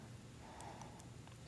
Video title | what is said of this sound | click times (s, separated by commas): Learn special wire-shaping techniques on Beads, Baubles and Jewels with Diane Whiting (2308-1) | make a nice distinctive little pocket and you can feel it you get your little click | 0.6 s